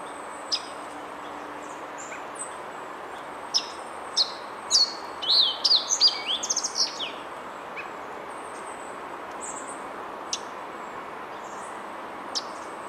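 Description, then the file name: Sooty fox sparrow song: a quick run of sweet slurred whistles near the middle, with scattered high chips and a faint hiss throughout. "Passerella unalaschcensis song"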